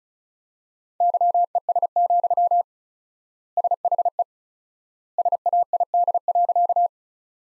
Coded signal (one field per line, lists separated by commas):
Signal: Morse code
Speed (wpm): 36 wpm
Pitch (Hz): 700 Hz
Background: none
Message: YES, SHE SAID.